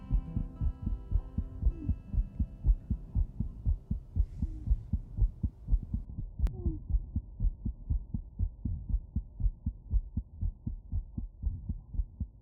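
Deep, regular heart thumps repeat steadily throughout, at a fairly quick pace of around 118 a minute, with no obvious extra sounds. Soft musical tones play underneath, most noticeable at the start, as the heartbeat of a hospice patient is set to music.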